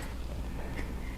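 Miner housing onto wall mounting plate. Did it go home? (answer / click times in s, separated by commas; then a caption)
no / none. A Bobcat 300 helium miner's plastic housing is handled as it is slid toward its wall mounting plate, giving faint low handling rustle and scraping over a steady background hum. Nothing has seated or clicked yet; the housing is not yet locked onto the plate.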